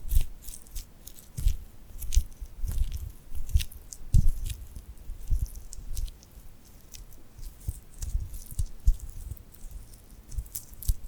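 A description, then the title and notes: Sticky hand sounds: glued skin pulling apart in quick, irregular pops and crackles, with soft low thumps under the brighter clicks. The pace is busy and uneven, several snaps a second, with a brief lull around the sixth second, over a quiet background. ASMR Tingly Glued Hand Sounds for Sleep (No Talking).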